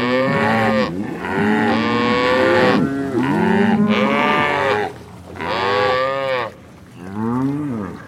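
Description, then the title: Cow mooing in long, harmonic-rich moos, several calls in close succession, pitch rising and falling within each moo, with brief pauses between. "Eco-Moo-tion: The Ecological Soundscape of Cow Conversations"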